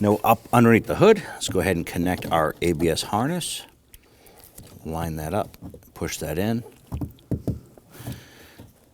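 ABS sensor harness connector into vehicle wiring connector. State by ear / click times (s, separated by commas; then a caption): not seated / none. Under the hood of a 2015-2020 Ford F-150, during a front wheel bearing and hub assembly replacement, the ABS wheel-speed sensor harness connector is lined up and pushed toward its mating plastic connector on the vehicle wiring while someone talks. Brief, faint handling ticks come around 3.9–4.6 s and 6.9–7.5 s. The connector has not seated or clicked yet when the clip ends.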